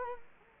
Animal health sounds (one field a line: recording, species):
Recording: mosquito wingbeat signal from an infrared sensor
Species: Culex quinquefasciatus